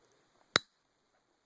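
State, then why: Released. The extractor is wiggled out of the bolt head of a Lee Enfield Ishapore rifle, and its spring snaps loose with a single sharp, loud metallic snap at 0.6 s. The snap rings briefly against near silence. The extractor spring is released.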